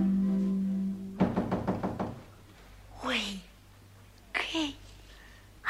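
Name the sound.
knocking on a door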